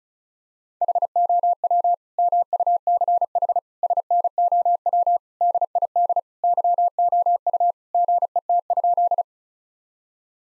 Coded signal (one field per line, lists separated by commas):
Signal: Morse code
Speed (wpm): 34 wpm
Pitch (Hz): 700 Hz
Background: none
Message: HOW MUCH SNOW DID YOU GET?